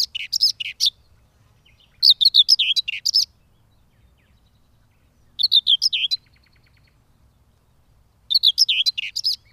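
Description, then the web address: Common whitethroat song: short, scratchy, rapid warbling phrases about a second long, repeated four times at intervals of roughly one to two seconds, with faint low hum beneath. "agykontroll Madardalok Cd 2. Mezei poszáta"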